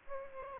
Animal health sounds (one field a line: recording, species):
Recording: mosquito wingbeat signal from an infrared sensor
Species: Aedes aegypti